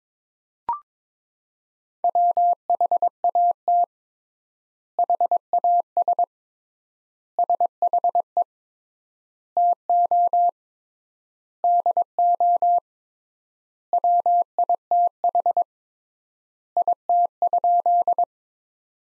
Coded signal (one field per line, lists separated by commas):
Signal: Morse code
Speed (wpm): 22 wpm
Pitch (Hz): 700 Hz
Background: none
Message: WHAT HAS SHE TO DO WITH IT?